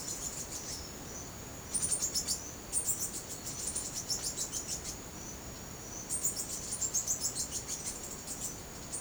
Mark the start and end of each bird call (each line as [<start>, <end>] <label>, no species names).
[0.00, 0.87] bird call
[1.61, 5.00] bird call
[6.04, 9.01] bird call